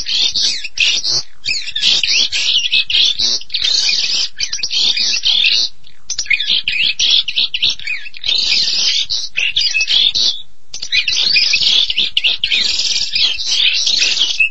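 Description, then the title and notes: Starling song: dense, scratchy high chatter with harsh buzzy notes and squeaks, pouring out almost nonstop in long bursts with brief pauses. "suara burung jalak"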